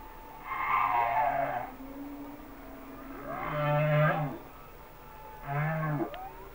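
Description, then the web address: Humpback whale song: a drawn-out wavering moan, then a rising whoop leading into a deep groaning unit, and a shorter harmonic cry ending in a sharp upsweep. "Whale Songs Sounds of Nature - Humpback Whales"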